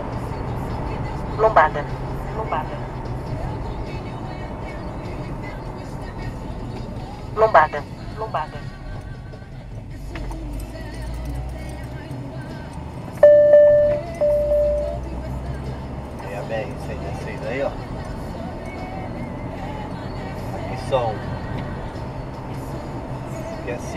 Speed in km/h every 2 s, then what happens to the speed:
72, 60, 40, 20, 25, 34, 41, 50, 56, 62, 64, 67.
0-6 brakes to 20. 7-24 speeds up to 67.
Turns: none.